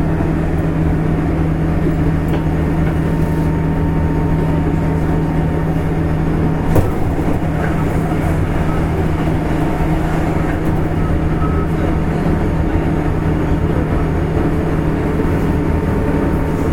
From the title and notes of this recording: JR西日本 201系 大阪環状線外回り 大阪から天王寺まで. It is running noise of 201 series trains of JR West Japan. I recorded on a local train at Osaka loop line. The section is from Osaka to Tennoji.